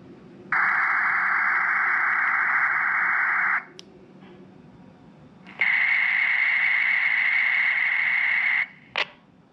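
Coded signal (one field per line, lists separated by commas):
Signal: data over sound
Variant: Rattlegram OFDM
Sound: two three-second bursts of steady hissing data noise, each ending with a squelch click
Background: radio static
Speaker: so we're going to type in YouTube test two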